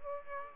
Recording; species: mosquito wingbeat signal from an infrared sensor; Aedes aegypti